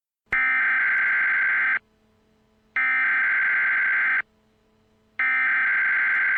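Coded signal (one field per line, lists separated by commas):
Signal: Emergency Alert System (SAME) tones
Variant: header bursts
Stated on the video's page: Fan-made fictional EAS scenario, not intended for broadcast.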